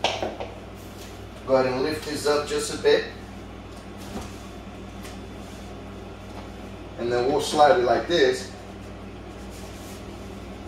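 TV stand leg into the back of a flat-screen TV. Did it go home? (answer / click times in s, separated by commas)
no / none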